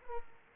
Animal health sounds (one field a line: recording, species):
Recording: mosquito wingbeat signal from an infrared sensor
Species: Culex quinquefasciatus